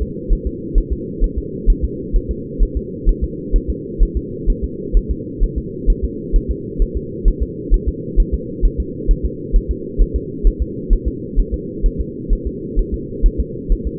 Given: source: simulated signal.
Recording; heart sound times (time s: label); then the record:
fetal heart sounds
0.02 s: S2
0.33 s: S1
0.47 s: S2
0.78 s: S1
0.93 s: S2
1.24 s: S1
1.38 s: S2
1.70 s: S1
1.84 s: S2
2.16 s: S1
2.31 s: S2
2.63 s: S1
2.77 s: S2
3.09 s: S1
3.24 s: S2
3.56 s: S1
3.70 s: S2
4.03 s: S1
4.17 s: S2
4.50 s: S1
4.64 s: S2
4.97 s: S1
5.11 s: S2
5.44 s: S1
5.58 s: S2
5.90 s: S1
6.05 s: S2
6.36 s: S1
6.51 s: S2
6.82 s: S1
6.97 s: S2
7.28 s: S1
7.43 s: S2
7.74 s: S1
7.88 s: S2
8.20 s: S1
8.34 s: S2
8.65 s: S1
8.80 s: S2
9.11 s: S1
9.25 s: S2
9.56 s: S1
9.71 s: S2
10.02 s: S1
10.16 s: S2
10.47 s: S1
10.62 s: S2
10.93 s: S1
11.08 s: S2
11.39 s: S1
11.54 s: S2
11.86 s: S1
12.01 s: S2
12.33 s: S1
12.47 s: S2
12.79 s: S1
12.94 s: S2
13.26 s: S1
13.40 s: S2
13.72 s: S1
13.87 s: S2
From the record:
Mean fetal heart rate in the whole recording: 130 bpm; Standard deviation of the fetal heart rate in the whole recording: 2 bpm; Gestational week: 38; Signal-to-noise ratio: -4.1 dB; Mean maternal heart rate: no maternal heart sound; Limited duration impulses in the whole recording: absent